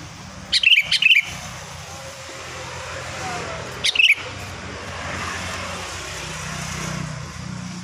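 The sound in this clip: Sooty-headed bulbul song: two brief bubbly whistled phrases of quick notes, a few seconds apart, over steady traffic rumble.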